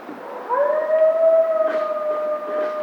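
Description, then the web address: Coyote howl: a single long, steady tone that rises at the start and then holds level to the end. Recorded on 2 March 2010. "Coyote 2010 03 02 howl"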